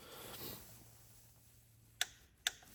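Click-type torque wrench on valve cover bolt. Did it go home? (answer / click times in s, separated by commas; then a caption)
yes / 2.0 s, 2.5 s. A click-type torque wrench tightens the valve cover bolts on the aluminium cylinder head of a 2010 Ford Focus during a valve cover gasket replacement, with quiet kept so the clicks can be heard. After soft handling noise, two sharp clicks sound at 2.0 s and 2.5 s, showing the wrench has reached its torque setting.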